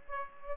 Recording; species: mosquito wingbeat signal from an infrared sensor; Aedes aegypti